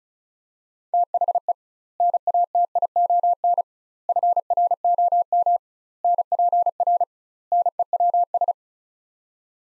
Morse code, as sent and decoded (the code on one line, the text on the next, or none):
- .... . / -. .- - .. --- -. / ..-. .-. --- -- / -. .--. .-. / -. . .-- ...
THE NATION FROM NPR NEWS